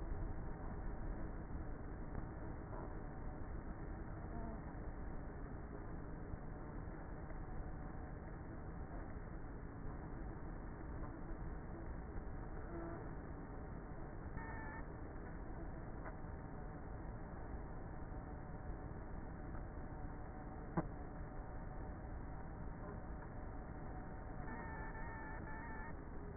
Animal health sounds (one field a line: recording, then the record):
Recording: honeybee colony, microphone inside the hive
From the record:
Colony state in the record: queenless with a low population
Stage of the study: before two queens were removed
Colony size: about 30,000 bees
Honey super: no